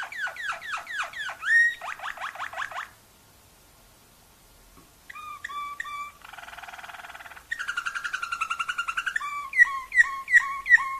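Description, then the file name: Waterslager canary song: swooping whistled notes, a pause of about two seconds, then short note groups, a buzzy trill and a rolling warble. Song variations of a Waterslager canary. "kenari waterslager variasi omkicau"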